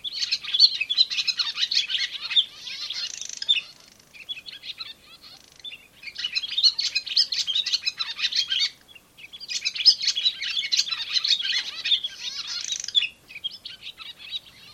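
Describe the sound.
Barn swallow chattering: fast, squeaky twitters in several bursts of a few seconds, separated by short quiet gaps.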